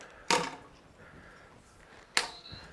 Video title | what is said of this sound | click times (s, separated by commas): Monoprice DJ Laptop Stand Review Video | and once you have it all snapped into place that is basically it it's pretty much stuck in this same position | 0.3 s, 2.2 s